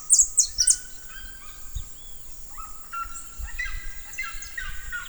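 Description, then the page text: Red-legged seriema giving scattered harmonic calls, with a quick run of notes near the end. "Seriema (Cariama cristata)"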